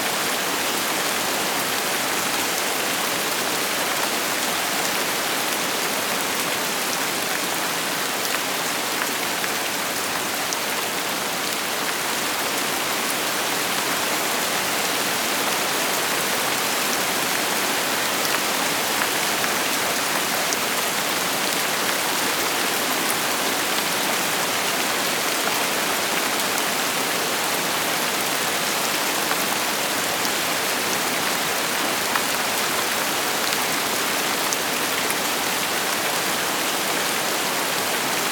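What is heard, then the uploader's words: Steady tropical rain falls without a break, a dense, even hiss that holds the same level from start to finish. The sound sits bright and high, with countless fine drops merging into one wash and little low rumble beneath. Tropical Rain. Sounds of steady rainfall.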